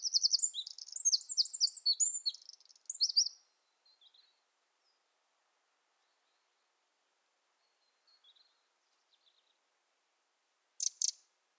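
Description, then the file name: Eurasian wren song: a fast, shrill trilling burst in the first three seconds, then a few faint notes and a short sharp sound near the end. "Troglodytes troglodytes"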